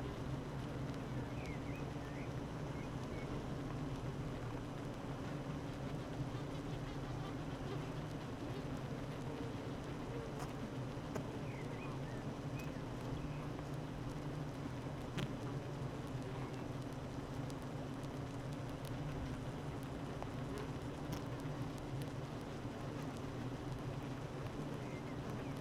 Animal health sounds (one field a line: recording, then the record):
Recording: honeybee colony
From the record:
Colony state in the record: active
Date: 12 June 2018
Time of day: 8:53